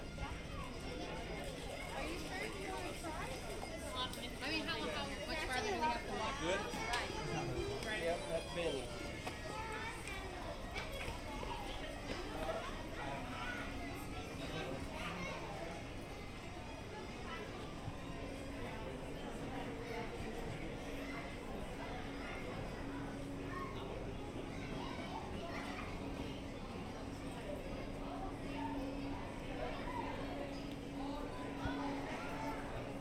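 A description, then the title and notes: A dense crowd murmurs steadily through a theme park walk, voices and children's chatter, with a low hum running underneath. Disneyland Park Binaural Walk Through. A relaxing audio journey through Disneyland park in Anaheim, California.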